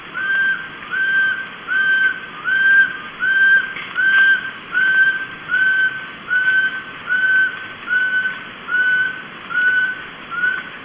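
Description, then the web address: Cloud-forest pygmy owl giving a long series of evenly spaced, whistled hoots, more than one per second, over a background of high ticking insects. Ecuador. "Birds of Ecuador. Cloud-forest Pygmy-Owl"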